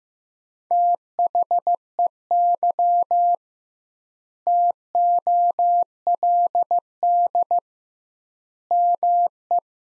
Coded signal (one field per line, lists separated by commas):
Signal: Morse code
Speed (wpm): 15 wpm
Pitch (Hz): 700 Hz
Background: none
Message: THEY TOLD ME